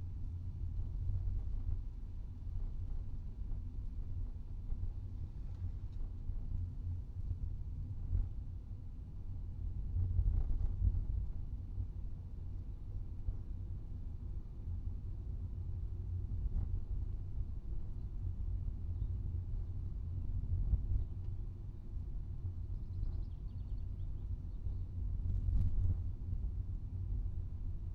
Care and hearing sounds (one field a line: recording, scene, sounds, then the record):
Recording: everyday scene through a hearing-aid microphone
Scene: in a vehicle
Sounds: engine, rumble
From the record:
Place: Skoda Fabia, gasoline engine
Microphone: in the ear canal, right